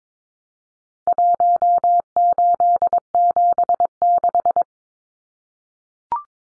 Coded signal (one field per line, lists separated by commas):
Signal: Morse code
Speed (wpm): 22 wpm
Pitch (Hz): 700 Hz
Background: none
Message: 1876